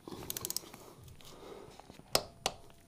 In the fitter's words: we go nice click that's that time now